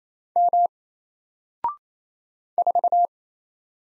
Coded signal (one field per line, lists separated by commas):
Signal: Morse code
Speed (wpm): 27 wpm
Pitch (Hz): 700 Hz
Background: none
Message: M 4